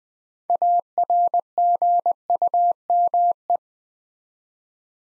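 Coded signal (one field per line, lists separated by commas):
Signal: Morse code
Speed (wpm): 20 wpm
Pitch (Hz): 700 Hz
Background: none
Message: ARGUME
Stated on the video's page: Morse practice at 20 wpm: 8-letter words built three letters at a time, for beginners working on instant character recognition.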